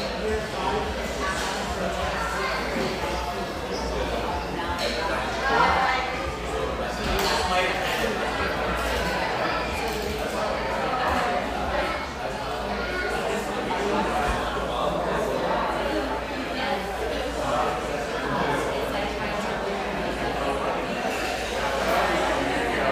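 A sunlit coffeehouse in a mid-morning lull, filled with a steady murmur of overlapping voices and chatter. The level stays even throughout, with a low hum underneath and occasional brighter clinks and clatters scattered across the 23 seconds.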